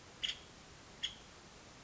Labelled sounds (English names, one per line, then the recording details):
Nuttall's Woodpecker
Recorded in Sonoma County, California